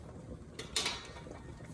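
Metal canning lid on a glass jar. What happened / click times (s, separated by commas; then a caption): The metal lid snapped down and sealed / 0.8 s. A metal canning lid on a hot, filled glass canning jar, cooling on a towel after the water bath, flexes down and seals with a sharp, bright ping at 0.8 s, preceded by a fainter tick at 0.6 s. The lid is confirmed sealed.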